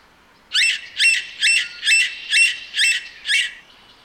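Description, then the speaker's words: Red-breasted Sapsucker calling: seven raspy, nasal squeals evenly spaced about half a second apart, with a quiet background. Described as raspy nasal calls; a member of the woodpecker group. "raspy nasal calls and the irregular kind of stuttering drumming noises of the red-breasted sapsucker."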